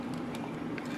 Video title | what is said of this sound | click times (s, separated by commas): PC Build - X99, ROG, DDR4 and 3-Way GTX 980s | okay so the ring is now installed it's clicked in place it's very steady and now | 0.8 s